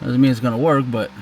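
A plastic wiring harness plug is being pushed into the factory connector of a 2023 Honda Civic Sport during a subwoofer install. Someone talks throughout the clip over a faint background hum. Nothing has seated or clicked yet.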